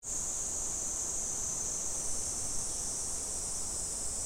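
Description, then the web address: Cicada droning in one unbroken, hissing high-pitched buzz from start to finish, over low background noise. Recorded 19 July 2011. "fukudai cicada 110719 cicada 0719"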